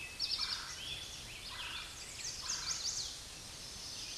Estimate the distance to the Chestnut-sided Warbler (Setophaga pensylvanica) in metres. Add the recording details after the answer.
about 50 m. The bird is about level with the microphone. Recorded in a Pennsylvania forest on 16 May 2024 at 08:57. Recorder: AudioMoth, point MSD-2349. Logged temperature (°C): 15.8 °C. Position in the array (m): 19 m, 25 m